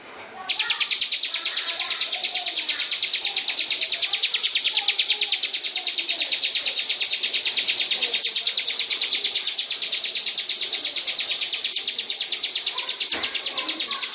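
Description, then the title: Lovebird in a long unbroken ngekek song, a fast stream of shrill repeated notes, several per second, sustained steadily after a short quiet opening. Lovebird performing a long ngekek song. "Lovebird Ngekek Panjang Ciblek"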